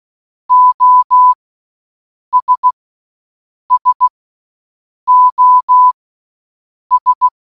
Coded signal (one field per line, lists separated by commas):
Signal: Morse code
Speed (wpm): 16 wpm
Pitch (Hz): 1000 Hz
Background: none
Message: OS SOS